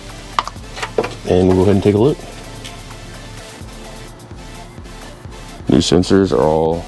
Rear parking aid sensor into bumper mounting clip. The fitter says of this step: And once you line them up, you just push it in, and it should snap in place.